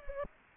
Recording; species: mosquito wingbeat signal from an infrared sensor; Culex pipiens